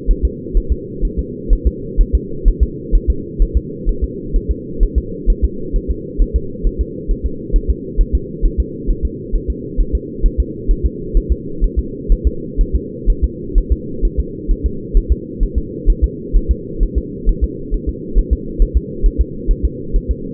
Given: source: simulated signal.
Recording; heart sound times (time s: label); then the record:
fetal heart sounds
0.11 s: S1
0.25 s: S2
0.57 s: S1
0.72 s: S2
1.05 s: S1
1.19 s: S2
1.53 s: S1
1.67 s: S2
2.01 s: S1
2.15 s: S2
2.48 s: S1
2.63 s: S2
2.95 s: S1
3.10 s: S2
3.42 s: S1
3.57 s: S2
3.89 s: S1
4.04 s: S2
4.36 s: S1
4.51 s: S2
4.83 s: S1
4.98 s: S2
5.30 s: S1
5.44 s: S2
5.76 s: S1
5.91 s: S2
6.22 s: S1
6.36 s: S2
6.67 s: S1
6.81 s: S2
7.11 s: S1
7.26 s: S2
7.56 s: S1
7.70 s: S2
8.01 s: S1
8.15 s: S2
8.46 s: S1
8.60 s: S2
8.90 s: S1
9.05 s: S2
9.35 s: S1
9.50 s: S2
9.81 s: S1
9.95 s: S2
10.26 s: S1
10.40 s: S2
10.71 s: S1
10.86 s: S2
11.17 s: S1
11.32 s: S2
11.64 s: S1
11.79 s: S2
12.12 s: S1
12.27 s: S2
12.61 s: S1
12.75 s: S2
13.10 s: S1
13.24 s: S2
13.58 s: S1
13.72 s: S2
14.05 s: S1
14.19 s: S2
14.51 s: S1
14.66 s: S2
14.97 s: S1
15.12 s: S2
15.43 s: S1
15.58 s: S2
15.90 s: S1
16.04 s: S2
16.36 s: S1
16.51 s: S2
16.83 s: S1
16.98 s: S2
17.29 s: S1
17.44 s: S2
17.74 s: S1
17.89 s: S2
18.19 s: S1
18.33 s: S2
18.62 s: S1
18.77 s: S2
19.06 s: S1
19.21 s: S2
19.51 s: S1
19.65 s: S2
19.96 s: S1
20.11 s: S2
From the record:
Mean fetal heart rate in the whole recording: 130 bpm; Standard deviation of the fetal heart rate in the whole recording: 4 bpm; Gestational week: 38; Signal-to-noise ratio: -4.3 dB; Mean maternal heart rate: 72 bpm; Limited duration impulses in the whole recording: absent